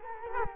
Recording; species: mosquito wingbeat signal from an infrared sensor; Culex quinquefasciatus